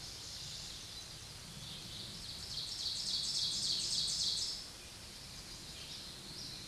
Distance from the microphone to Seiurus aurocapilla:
about 30 m